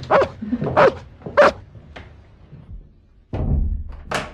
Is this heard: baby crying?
no